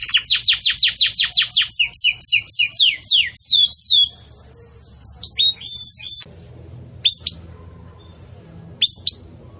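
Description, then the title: Belgian canary song: a run of loud downward-sweeping notes, a trill, then quiet with two isolated sharp chirps near the end. Belgian canary singing in the campainha (bell) style, used to teach song to chicks. "Belíssimo Canto Do Canário Belga Campainha Para Encarte De Filhotes"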